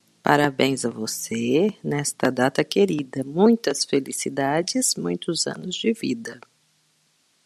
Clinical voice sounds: short text; Brazilian Portuguese; female; 50 to 59 years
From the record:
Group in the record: control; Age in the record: 55 years

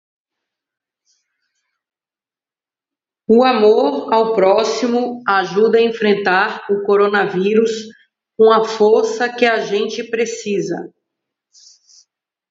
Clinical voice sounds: spoken sentence; Brazilian Portuguese; female; 40 to 49 years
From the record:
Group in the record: control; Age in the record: 44 years

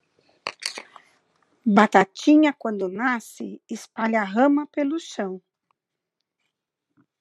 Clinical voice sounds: short text; Brazilian Portuguese; female; 60 to 69 years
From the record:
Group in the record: control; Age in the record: 60 years

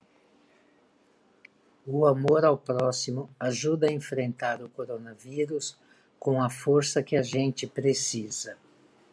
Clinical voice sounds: spoken sentence; Brazilian Portuguese; female; 60 to 69 years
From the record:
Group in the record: control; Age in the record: 69 years

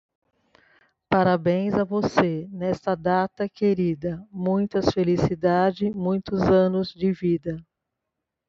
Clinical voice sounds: short text; Brazilian Portuguese; female; 50 to 59 years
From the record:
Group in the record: control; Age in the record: 54 years

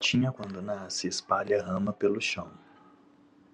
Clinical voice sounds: short text; Brazilian Portuguese; male; 30 to 39 years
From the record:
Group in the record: control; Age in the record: 34 years

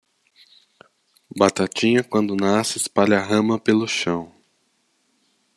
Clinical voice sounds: short text; Brazilian Portuguese; male; 30 to 39 years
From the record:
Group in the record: control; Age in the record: 39 years

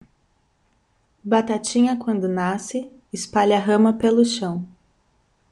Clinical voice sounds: short text; Brazilian Portuguese; female; 30 to 39 years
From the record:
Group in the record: control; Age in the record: 34 years

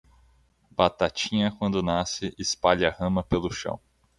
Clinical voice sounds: short text; Brazilian Portuguese; male; 20 to 29 years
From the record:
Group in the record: control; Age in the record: 24 years

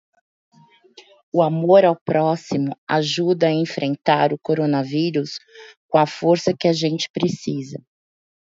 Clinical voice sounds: spoken sentence; Brazilian Portuguese; female; 40 to 49 years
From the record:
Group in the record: control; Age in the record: 45 years

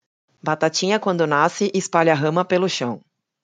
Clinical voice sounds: short text; Brazilian Portuguese; female; 40 to 49 years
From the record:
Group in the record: control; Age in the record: 48 years

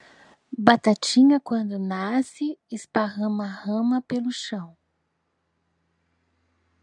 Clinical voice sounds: short text; Brazilian Portuguese; female; 50 to 59 years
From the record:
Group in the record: control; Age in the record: 56 years

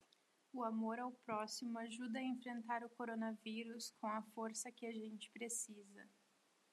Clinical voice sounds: spoken sentence; Brazilian Portuguese; female; 20 to 29 years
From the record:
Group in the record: control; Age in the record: 28 years

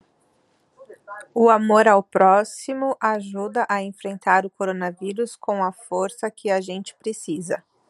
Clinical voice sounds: spoken sentence; Brazilian Portuguese; female; 30 to 39 years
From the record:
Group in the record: control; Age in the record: 37 years

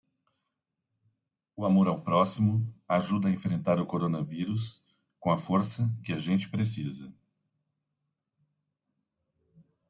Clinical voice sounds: spoken sentence; Brazilian Portuguese; male; 50 to 59 years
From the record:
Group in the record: control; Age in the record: 56 years

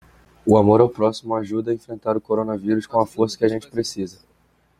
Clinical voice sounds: spoken sentence; Brazilian Portuguese; male; 20 to 29 years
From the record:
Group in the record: control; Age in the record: 20 years

